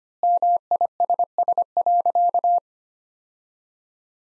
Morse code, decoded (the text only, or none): MISS.